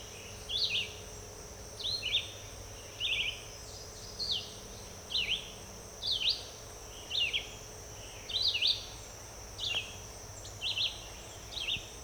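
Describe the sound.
Red-eyed vireo delivering a long run of short, sharply inflected whistled phrases, nearly one per second, over a persistent high insect drone.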